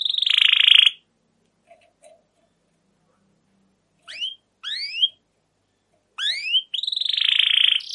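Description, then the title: Canary song in short bursts: a buzzy high trill, silence, then a few rising whistled sweeps and another long buzzy trill at the end. Long, continuous rolling canary song, used as a lure to stimulate young canaries to sing and learn the sound. "CUIT CUIT NGEROL LANGSUNG GACOR PANJANG Kenari Ini AMPUH utk Pancingan KENARI PAUD BELAJAR BUNYI"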